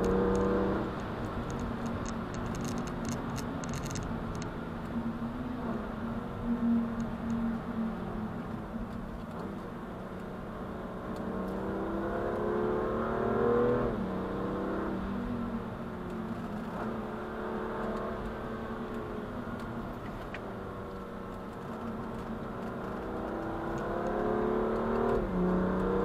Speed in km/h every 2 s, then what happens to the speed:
136, 118, 106, 98, 81, 88, 97, 103, 91, 79, 76, 76, 78.
0-8 brakes to 81. 8-13 speeds up to 103. 13-20 slows to 76.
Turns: 9-13, 20-26.